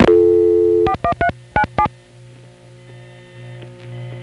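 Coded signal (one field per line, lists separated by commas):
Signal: DTMF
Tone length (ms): 80 ms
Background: music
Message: 41397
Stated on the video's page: Long-distance calls to centralized intercept, recorded February 1977 and June 1976.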